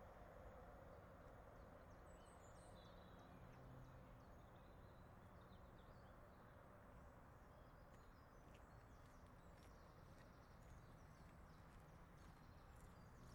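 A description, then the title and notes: A tram rumbles steadily past, a dense low roar with faint rail clicks and a brief bird chirp early on. Barfoot Bridge (where the tramline crosses the Mersey just NW of Sale Water Park) carries the Bridgewater Canal as well as the Metrolink. The footpath runs directly alongside the rails allowing you to get so close it’s scary! Recorded with a pair of Sony ECM-77’s in a makeshift binaural arrangement.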